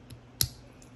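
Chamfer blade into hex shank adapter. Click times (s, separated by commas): 0.4 s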